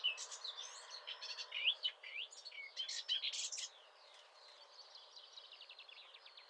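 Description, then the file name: Eurasian blackcap song, a hurried jumble of chattering and warbled notes fading into softer twittering, over a steady hiss of background noise. "Sylvia atricapilla"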